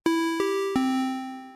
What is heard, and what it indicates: A sharp upstroke with an exponential decay.